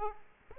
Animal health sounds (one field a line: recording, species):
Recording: mosquito wingbeat signal from an infrared sensor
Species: Aedes aegypti